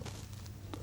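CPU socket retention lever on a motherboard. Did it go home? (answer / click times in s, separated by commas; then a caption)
yes / 0.7 s. The metal CPU socket retention lever on a motherboard is pushed down after the processor has been seated, and it clicks under its hook at 0.7 s. Two fainter ticks come at 0.3 s and 0.5 s over a steady low hum, and the lever is then latched and fixed.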